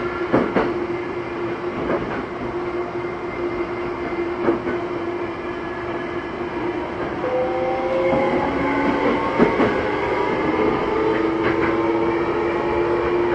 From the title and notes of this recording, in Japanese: 東京メトロ05系 綾瀬〜北綾瀬。今回は北綾瀬支線で録音した。営業列車の他、車庫にに入庫する回送や試運転の列車も走る。アルミ合金製20m車体に通常幅（1.3m）のドアの組み合わせ。